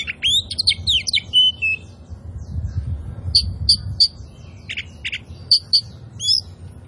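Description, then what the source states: Oriental magpie-robin song starting with swooping whistled notes, then several high, sharp chips, over a soft low rumble. Indonesian "kacer poci" form of the Oriental magpie-robin, described as "gacor", meaning singing vigorously and continuously.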